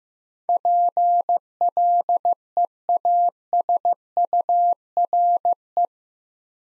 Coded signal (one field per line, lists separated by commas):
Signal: Morse code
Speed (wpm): 15 wpm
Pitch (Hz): 700 Hz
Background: none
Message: PLEASURE